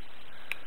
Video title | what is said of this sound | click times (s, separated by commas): alternators sunstreaker pt2 | lock into place and adjust a feet accordingly | 0.5 s